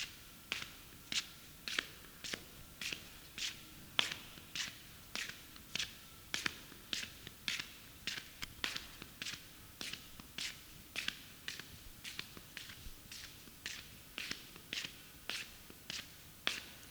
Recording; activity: daily activity, guitar pickup as the sensor; walk